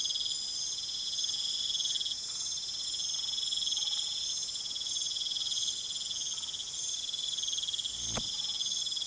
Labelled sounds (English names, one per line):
none